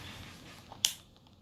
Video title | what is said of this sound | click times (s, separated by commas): DEERC D50 Unboxing and FULL Detailed Review. | don't know if you heard that click sound but they snap into the front like that and then to take them out you lift up on this tab | 0.9 s